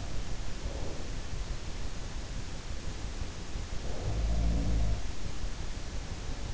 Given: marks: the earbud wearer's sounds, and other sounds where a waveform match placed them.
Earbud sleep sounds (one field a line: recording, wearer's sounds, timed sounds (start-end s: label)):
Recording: sounds in sleep by an in-ear microphone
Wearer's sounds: breath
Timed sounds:
0.00-1.40 s: sound from someone else or the room
0.64-1.40 s: breath
3.79-5.27 s: sound from someone else or the room